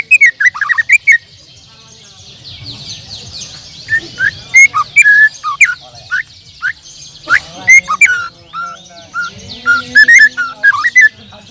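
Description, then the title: Bird song: varied sharp chirps and short whistles in irregular bursts over a steady high background sound. "Kicau Burung"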